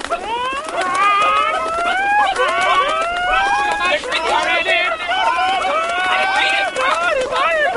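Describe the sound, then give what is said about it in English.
A chicken clucking sound effect: a dense chorus of chickens clucking and squawking over one another, with rising and falling nasal calls that overlap continuously and stay loud for the whole stretch. “It was so fraudulent that you deserve to have the Kentucky Fried Chickens released on you. Yo, chicken time.”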